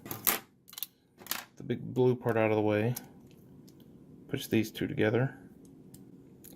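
Someone talks while moving a big blue part out of the way and pushing two plastic parts together on a TFC Toys Trinity Force Wildhunter transforming robot toy, partway through its transformation. Small plastic handling taps come early in the clip, with fainter ones near the end. The parts still don't snap together any better, and nothing has clicked into place yet.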